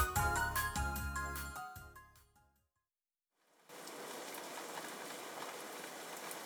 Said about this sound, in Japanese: 雨だ雨だ